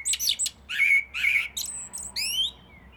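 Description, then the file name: Eurasian blackbird singing a busy, scratchy phrase of high twitters mixed with short fluted notes, ending on thin rising squeaks. "Turdus merula"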